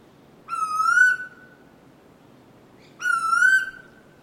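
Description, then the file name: Bird calls: two strong, ringing whistled notes that rise slightly and hold, about two and a half seconds apart, against quiet hiss. Recorded at Noosa. "BIRD UNKNOWN 04 NOOSA CALL 03"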